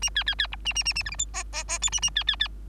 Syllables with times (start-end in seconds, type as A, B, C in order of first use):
0.02-0.10 A, 0.15-0.23 B, 0.26-0.35 B, 0.39-0.47 B, 0.52-0.56 C, 0.65-0.73 A, 0.75-0.83 A, 0.85-0.93 A, 0.95-1.03 A, 1.05-1.10 D, 1.11-1.16 E, 1.18-1.26 F, 1.33-1.43 G, 1.52-1.64 G, 1.68-1.78 G, 1.81-1.90 H, 1.92-2.00 A, 2.02-2.10 A, 2.15-2.24 B, 2.27-2.36 B, 2.39-2.48 B